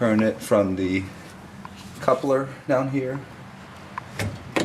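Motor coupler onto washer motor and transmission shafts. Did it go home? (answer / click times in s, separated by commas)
yes / 4.6 s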